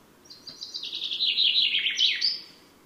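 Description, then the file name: Common chaffinch song: a series of bright repeated notes stepping down in pitch, then a rattling end flourish that rises sharply. "Fringilla coelebs"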